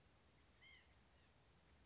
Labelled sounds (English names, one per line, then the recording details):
White-breasted Nuthatch
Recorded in Sonoma County, California